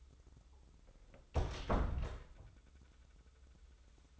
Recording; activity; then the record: daily activity, microphone in the room; close door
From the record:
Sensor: 3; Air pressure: 996.1 hPa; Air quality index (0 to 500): 46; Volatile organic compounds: 1 ppm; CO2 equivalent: 921 ppm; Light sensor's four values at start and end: 14/34/14/14 and 14/34/14/14